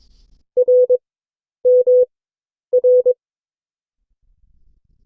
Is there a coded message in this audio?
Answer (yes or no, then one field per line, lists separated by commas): yes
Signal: Morse code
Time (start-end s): 0.6-3.1 s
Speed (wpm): 22 wpm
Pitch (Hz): 500 Hz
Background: none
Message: R M R